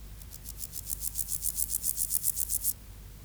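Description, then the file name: Meadow grasshopper singing a train of quick scratchy high-pitched pulses, steadily building in strength for over two seconds before ending abruptly, with soft low background noise. "Chorthippus parallelus"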